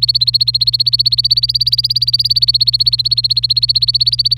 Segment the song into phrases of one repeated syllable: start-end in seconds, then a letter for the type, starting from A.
0.02-4.37 A